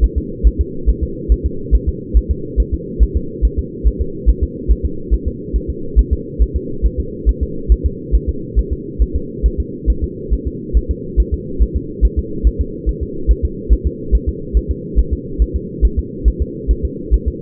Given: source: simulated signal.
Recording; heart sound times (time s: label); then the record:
fetal heart sounds
0.04 s: S1
0.18 s: S2
0.47 s: S1
0.61 s: S2
0.90 s: S1
1.03 s: S2
1.32 s: S1
1.46 s: S2
1.75 s: S1
1.89 s: S2
2.17 s: S1
2.31 s: S2
2.60 s: S1
2.74 s: S2
3.03 s: S1
3.17 s: S2
3.45 s: S1
3.59 s: S2
3.87 s: S1
4.01 s: S2
4.29 s: S1
4.43 s: S2
4.71 s: S1
4.86 s: S2
5.14 s: S1
5.28 s: S2
5.56 s: S1
5.70 s: S2
5.99 s: S1
6.13 s: S2
6.42 s: S1
6.56 s: S2
6.86 s: S1
7.00 s: S2
7.29 s: S1
7.43 s: S2
7.72 s: S1
7.86 s: S2
8.15 s: S1
8.29 s: S2
8.59 s: S1
8.73 s: S2
9.02 s: S1
9.16 s: S2
9.46 s: S1
9.60 s: S2
9.90 s: S1
10.04 s: S2
10.34 s: S1
10.47 s: S2
10.77 s: S1
10.91 s: S2
11.20 s: S1
11.34 s: S2
11.62 s: S1
11.76 s: S2
12.05 s: S1
12.19 s: S2
12.47 s: S1
12.61 s: S2
12.89 s: S1
13.03 s: S2
13.31 s: S1
13.45 s: S2
13.73 s: S1
13.87 s: S2
14.15 s: S1
14.29 s: S2
14.57 s: S1
14.71 s: S2
14.99 s: S1
15.13 s: S2
15.42 s: S1
15.56 s: S2
15.85 s: S1
15.99 s: S2
16.28 s: S1
16.42 s: S2
16.71 s: S1
16.85 s: S2
17.14 s: S1
17.28 s: S2
From the record:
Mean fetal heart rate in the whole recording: 140 bpm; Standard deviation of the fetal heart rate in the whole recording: 2 bpm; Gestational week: 34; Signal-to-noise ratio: -4.3 dB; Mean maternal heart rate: 72 bpm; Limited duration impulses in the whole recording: absent